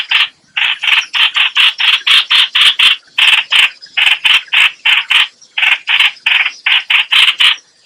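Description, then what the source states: Bulbul giving a fast series of harsh, buzzy notes, about three or four each second, with a few small pauses. Lure call used to attract the bird.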